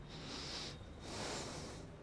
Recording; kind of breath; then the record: one breath in and out by a microphone near the nose and mouth; deep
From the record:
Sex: male